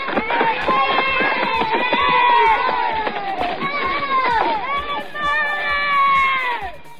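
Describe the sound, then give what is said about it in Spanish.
A loud, dense crowd of children shouting and screaming over one another as they run out of school, high-pitched voices overlapping without pause for about seven seconds, with scattered quick thumps like running feet. “Salen despavoridos, corriendo en cualquier dirección como endemoniados, empujándose ni gritando, como huyendo de algo.”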